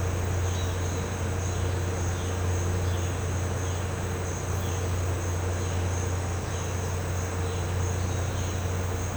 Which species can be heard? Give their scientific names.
Cyanocorax violaceus